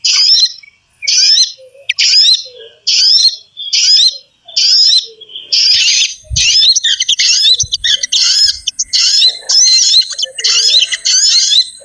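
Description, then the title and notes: Bird calls in a string of rapid, high, grating bursts, steady at first and then merging into a continuous jumble with a few low thumps. Compilation of bird lure calls meant to attract stubborn, hard-to-approach birds. "Suara Burung Bandel Yang Susah Mendekati. Kompilasi Suara Pikat Burung"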